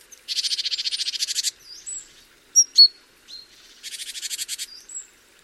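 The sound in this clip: Great tit calls: two harsh, buzzy pulsed rattles about a second long, separated by a few short sharp chirps and thin whistled notes.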